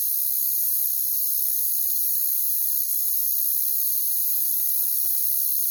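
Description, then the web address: Crickets produce a shrill, ringing trill that stays even throughout, with no other sounds standing out. "WLL Grade 1-12 Pre-Uni Library Natures Songs Sleep Sounds of Nature CRICKETS Crickets"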